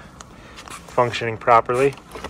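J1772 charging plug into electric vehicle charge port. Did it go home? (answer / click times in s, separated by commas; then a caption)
no / none. The J1772 plug of a portable 110V charger is handled at the charge port of a Blazer EV electric vehicle while someone talks, with a few faint, brief ticks underneath. Nothing has seated or clicked yet; the plug has not latched into the charge inlet by the end of the clip.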